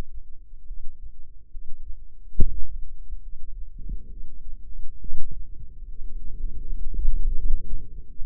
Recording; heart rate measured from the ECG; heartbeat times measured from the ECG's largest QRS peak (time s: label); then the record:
heart sounds by microphone in the left ear; 73 bpm
0.65 s: heartbeat
1.49 s: heartbeat
2.34 s: heartbeat
3.20 s: heartbeat
4.08 s: heartbeat
4.99 s: heartbeat
5.86 s: heartbeat
6.61 s: heartbeat
7.33 s: heartbeat
8.07 s: heartbeat
From the record:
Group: healthy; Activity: breath hold 0-2 s, rest 2-8 s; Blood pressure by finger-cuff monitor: 109/74 mmHg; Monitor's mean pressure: 91 mmHg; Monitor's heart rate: 69 bpm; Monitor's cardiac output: 6.2 L/min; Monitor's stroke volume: 90 mL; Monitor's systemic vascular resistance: 1080 dyn s/cm5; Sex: female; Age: 22 years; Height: 160 cm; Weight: 45 kg